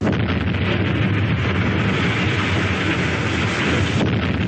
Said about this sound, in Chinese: 这是当时袁庚委托珠江电影制片厂录制的开山炸土方的炮声原声。在蛇口工业区筹建后半年，深圳特区开始建立，所以可以说蛇口的开山炮是深圳经济特区建设的第一炮，也是中国改革开放的一声春雷。